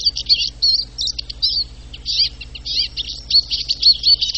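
Eurasian siskin song: a fast, high twittering of chirps and trills, with short rising and falling notes, over a faint low hum.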